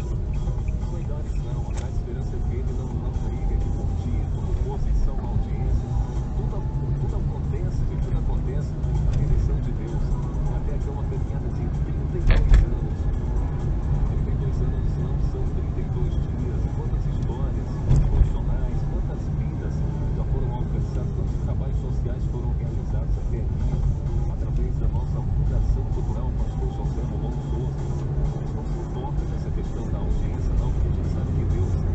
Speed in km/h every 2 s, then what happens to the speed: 26, 28, 33, 36, 39, 41, 42, 41, 38, 36, 30, 26, 28, 40, 47, 50.
0-11 speeds up to 42. 11-23 slows to 26. 23-32 speeds up to 50.